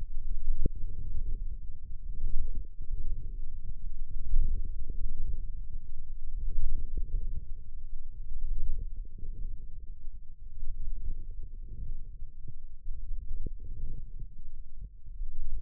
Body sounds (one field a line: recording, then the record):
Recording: forearm muscle sounds (acoustic myography)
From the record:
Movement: wrist flexion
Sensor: system 1, eight BSWA MPA416 microphones around the upper forearm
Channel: 6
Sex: male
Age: 54 years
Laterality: right